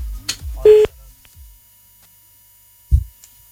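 A single short, steady mid-pitched electronic beep from a telephone keypad as a call is dialed sounds among low rumbling handling noise, followed after a quiet gap by a dull low thump.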